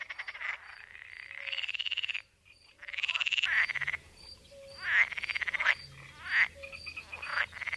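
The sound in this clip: Pool frog croaking, rapid pulsed rattling bursts interrupted by a short pause.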